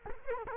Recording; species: mosquito wingbeat signal from an infrared sensor; Culex quinquefasciatus